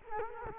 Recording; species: mosquito wingbeat signal from an infrared sensor; Culex quinquefasciatus